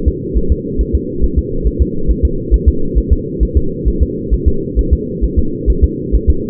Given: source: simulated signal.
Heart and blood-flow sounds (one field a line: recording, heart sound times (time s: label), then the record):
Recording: fetal heart sounds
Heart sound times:
0.08 s: S2
0.37 s: S1
0.52 s: S2
0.81 s: S1
0.95 s: S2
1.24 s: S1
1.39 s: S2
1.67 s: S1
1.82 s: S2
2.11 s: S1
2.25 s: S2
2.54 s: S1
2.69 s: S2
2.98 s: S1
3.13 s: S2
3.43 s: S1
3.57 s: S2
3.88 s: S1
4.03 s: S2
4.34 s: S1
4.48 s: S2
4.79 s: S1
4.93 s: S2
5.24 s: S1
5.39 s: S2
5.70 s: S1
5.84 s: S2
6.15 s: S1
6.30 s: S2
From the record:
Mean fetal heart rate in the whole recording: 135 bpm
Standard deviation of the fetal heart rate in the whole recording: 3 bpm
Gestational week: 34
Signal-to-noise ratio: -8.1 dB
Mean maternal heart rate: 72 bpm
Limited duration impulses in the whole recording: absent